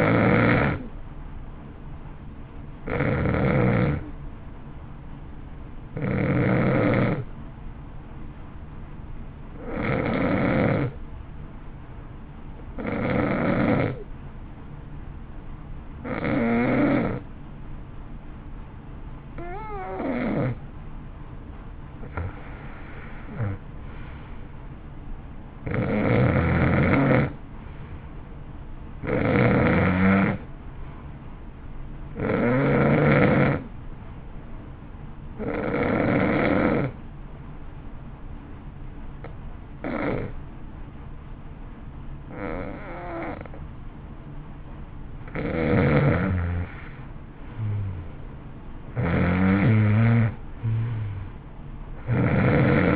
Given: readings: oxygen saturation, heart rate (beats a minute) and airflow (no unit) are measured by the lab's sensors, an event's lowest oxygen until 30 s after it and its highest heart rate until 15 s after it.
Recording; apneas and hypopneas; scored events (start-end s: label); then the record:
breathing in sleep by a smartphone at the bedside; 2
8.00-21.30 s: hypopnea (N2, oxygen 93% highest, then 88% lowest, heart rate 53 at the start, 57 highest)
34.00-47.10 s: hypopnea (N2, oxygen 92% highest, then 87% lowest, heart rate 57 at the start, 60 highest)
From the record:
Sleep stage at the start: N2 (light sleep); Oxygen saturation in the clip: 87 to 93%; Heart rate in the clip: 53 to 60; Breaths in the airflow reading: 14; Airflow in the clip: -12.1 to 10.8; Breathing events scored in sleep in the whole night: 328 in 6.3 hours asleep